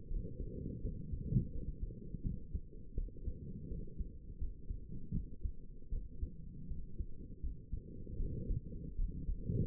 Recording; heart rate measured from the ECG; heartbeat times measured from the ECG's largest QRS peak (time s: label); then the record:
heart sounds by stethoscope; 81 bpm
0.09 s: heartbeat
0.82 s: heartbeat
1.53 s: heartbeat
2.23 s: heartbeat
2.96 s: heartbeat
3.69 s: heartbeat
4.39 s: heartbeat
5.13 s: heartbeat
5.91 s: heartbeat
6.69 s: heartbeat
7.42 s: heartbeat
8.18 s: heartbeat
8.97 s: heartbeat
From the record:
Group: healthy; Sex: female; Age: 22 years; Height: 163 cm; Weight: 67.1 kg